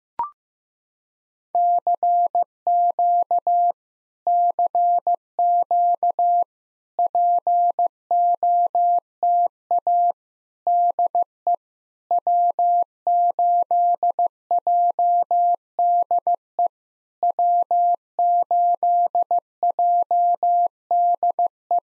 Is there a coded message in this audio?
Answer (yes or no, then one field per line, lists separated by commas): yes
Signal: Morse code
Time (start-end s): 1.6-21.8 s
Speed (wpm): 15 wpm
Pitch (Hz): 700 Hz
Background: none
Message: CQ CQ POTA DE W8JDE W8JDE